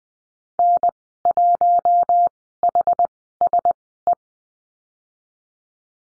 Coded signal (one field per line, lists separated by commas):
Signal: Morse code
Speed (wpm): 20 wpm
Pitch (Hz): 700 Hz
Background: none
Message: N1HSE